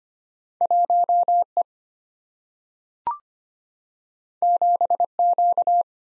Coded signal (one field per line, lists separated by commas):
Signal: Morse code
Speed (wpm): 25 wpm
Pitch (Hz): 700 Hz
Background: none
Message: 1 E 7 Q